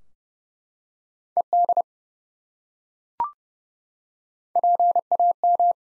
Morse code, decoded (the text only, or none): ED PAM